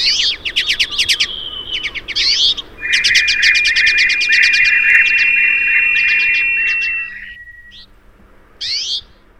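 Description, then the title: Twite calling, rapid bursts of sharp buzzy clicks with a sustained twanging trill running several seconds, a short pause, then further quick bursts. 13 February 2012; flock from Scandinavia and northern Russia roosting at a hospital, making plenty of noise; scraping seeds from under thin snow cover. "Vogel der Woche 2012 02 13 Berghaenfling"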